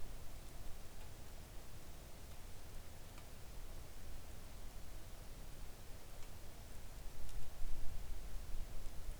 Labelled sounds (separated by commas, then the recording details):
rain
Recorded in the Arctic National Wildlife Refuge, Alaska, on 3 August 2019 at 05:47
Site 41